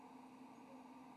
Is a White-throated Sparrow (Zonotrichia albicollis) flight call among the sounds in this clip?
no